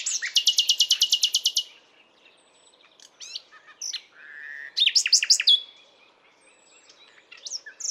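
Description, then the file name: Common nightingale song opening with a fast, rhythmic series of loud repeated notes, then softer varied notes, a low whistle and an energetic burst of sharp chirps. "Luscinia megarhynchos"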